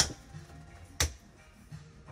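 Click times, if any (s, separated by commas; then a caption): 1.0 s. A thick fabric privacy curtain is closed across the toilet of a Winnebago Roam campervan's bathroom. Faint rustling leads to a sharp snap at 1.0 s, and the curtain snaps into place.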